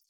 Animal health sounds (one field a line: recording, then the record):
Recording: hydrophone in a shrimp aquaculture tank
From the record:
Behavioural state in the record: feeding